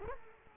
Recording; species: mosquito wingbeat signal from an infrared sensor; Culex quinquefasciatus